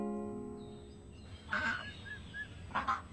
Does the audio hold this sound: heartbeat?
no